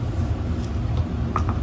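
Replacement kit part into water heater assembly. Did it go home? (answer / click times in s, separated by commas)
yes / 1.4 s, 1.5 s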